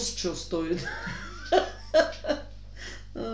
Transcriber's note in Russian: смеется